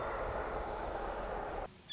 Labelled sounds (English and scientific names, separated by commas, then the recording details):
White-crowned Sparrow (Zonotrichia leucophrys)
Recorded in Sonoma County, California